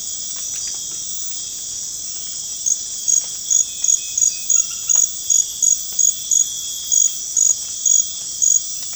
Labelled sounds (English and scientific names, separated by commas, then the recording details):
none
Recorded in pastures near Puerto Asís, Putumayo, Colombia, on 12 March 2025 at 01:00
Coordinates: 0.502, -76.324
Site GP07